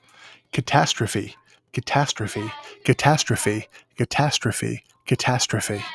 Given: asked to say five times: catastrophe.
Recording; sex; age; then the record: repeated word; male; 40 to 49 years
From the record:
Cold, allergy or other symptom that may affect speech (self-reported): no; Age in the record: 45 years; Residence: New Jersey, United States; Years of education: 16